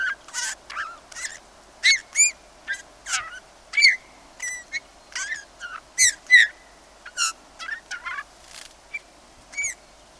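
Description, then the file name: Eurasian bullfinch calls: irregular creaky notes and short falling piping whistles, repeated in loose clusters throughout. "Pyrrhula pyrrhula"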